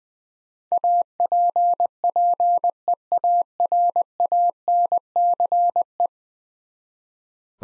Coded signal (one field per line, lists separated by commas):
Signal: Morse code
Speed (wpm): 20 wpm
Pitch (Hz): 700 Hz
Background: none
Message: APPEARANCE